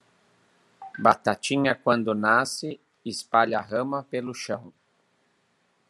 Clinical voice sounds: short text; Brazilian Portuguese; male; 40 to 49 years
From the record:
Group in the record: control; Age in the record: 46 years

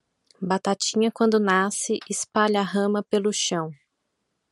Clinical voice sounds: short text; Brazilian Portuguese; female; 40 to 49 years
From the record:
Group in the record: control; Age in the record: 41 years

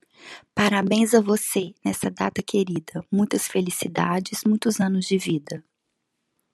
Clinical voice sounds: short text; Brazilian Portuguese; female; 40 to 49 years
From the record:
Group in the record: control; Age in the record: 48 years

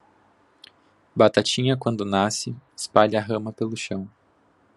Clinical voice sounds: short text; Brazilian Portuguese; male; 30 to 39 years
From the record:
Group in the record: control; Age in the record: 31 years

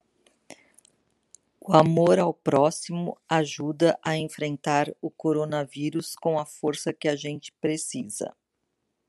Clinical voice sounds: spoken sentence; Brazilian Portuguese; female; 60 to 69 years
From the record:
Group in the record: control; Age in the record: 62 years

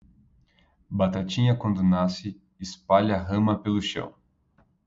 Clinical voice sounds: short text; Brazilian Portuguese; male; 30 to 39 years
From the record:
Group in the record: control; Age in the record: 31 years

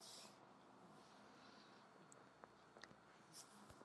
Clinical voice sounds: short text; Brazilian Portuguese; female; 70 to 79 years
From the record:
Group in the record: control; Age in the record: 70 years

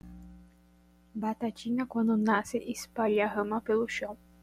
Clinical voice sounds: short text; Brazilian Portuguese; female; 20 to 29 years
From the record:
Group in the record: control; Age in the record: 21 years

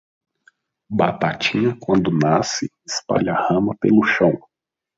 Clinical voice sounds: short text; Brazilian Portuguese; male; 20 to 29 years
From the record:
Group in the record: control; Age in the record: 25 years

